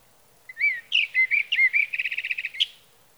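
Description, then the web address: Sage thrasher song: slurred whistles lead into varied warbles, then a quick trill of rapidly repeated short notes and a final sharp note. "birdsongforthecurious songs Sage Thrasher"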